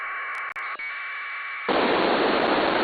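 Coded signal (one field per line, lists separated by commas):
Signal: packet radio (AX.25, as in APRS)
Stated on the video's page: Two-metre repeater net on 147.39 MHz (+ offset, 114.8 PL), received on a Flex 6700 with preamp and Mosley 5/8 base antenna.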